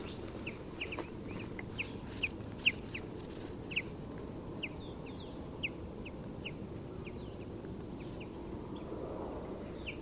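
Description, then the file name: European goldfinch calls, short high clipped notes repeated irregularly several times a second, over a steady low rumble of background noise. "Carduelis carduelis"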